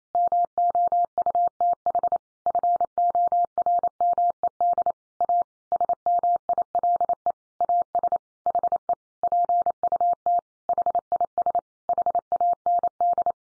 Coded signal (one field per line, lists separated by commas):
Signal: Morse code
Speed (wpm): 28 wpm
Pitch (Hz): 700 Hz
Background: none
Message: MOUTH FORMED A SMILE AS HE PUT HIS HAND